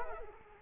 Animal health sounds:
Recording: mosquito wingbeat signal from an infrared sensor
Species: Culex quinquefasciatus

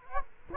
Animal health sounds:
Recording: mosquito wingbeat signal from an infrared sensor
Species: Culex quinquefasciatus

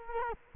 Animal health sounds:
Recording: mosquito wingbeat signal from an infrared sensor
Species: Culex quinquefasciatus

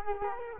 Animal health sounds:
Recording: mosquito wingbeat signal from an infrared sensor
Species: Culex quinquefasciatus

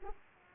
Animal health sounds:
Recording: mosquito wingbeat signal from an infrared sensor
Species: Aedes aegypti

